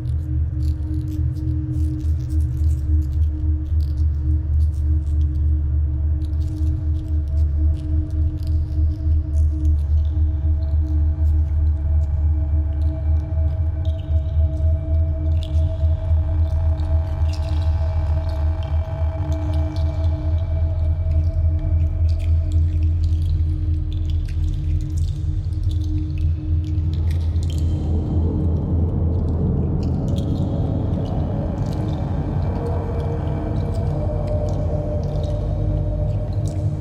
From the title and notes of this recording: This podcast provides a journey through an ocean soundscape of the future, with all sounds created from plastic objects found on a beach.